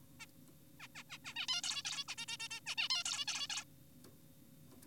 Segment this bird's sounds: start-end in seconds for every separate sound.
0.20-0.26, 0.80-0.88, 0.96-1.03, 1.10-1.18, 1.25-1.33, 1.36-1.46, 1.48-1.62, 1.64-1.83, 1.85-2.04, 2.08-2.15, 2.18-2.26, 2.28-2.37, 2.40-2.48, 2.51-2.60, 2.66-2.75, 2.78-2.88, 2.90-3.04, 3.06-3.25, 3.28-3.48, 3.50-3.64